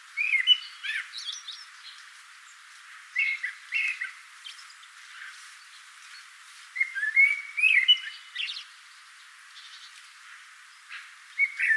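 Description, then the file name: Common blackbird singing: four rich whistled phrases, each closing with a thin twittering flourish, spaced several seconds apart over a quiet background. "Turdus merula"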